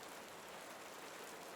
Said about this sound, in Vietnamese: Bên ngoài trời vẫn mưa thối đất thối cát.